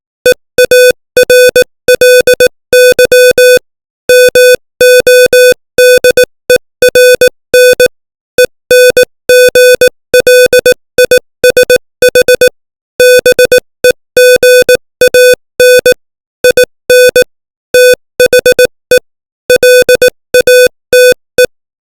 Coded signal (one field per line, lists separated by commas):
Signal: Morse code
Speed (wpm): 18 wpm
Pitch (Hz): 500 Hz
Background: music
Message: EARLY MODERN ENGLISH BEGAN IN THE LATE